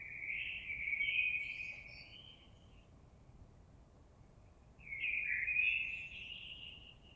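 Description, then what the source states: Common blackbird song: two mellow, fluting phrases separated by a pause of a couple of seconds, fairly soft over a low background hiss. On 26 April 2022.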